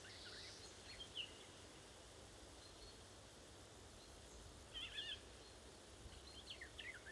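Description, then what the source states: Eurasian golden oriole calls: a few short, harsh chirping notes in brief bursts scattered throughout, over steady hiss. Several orioles, described as talking.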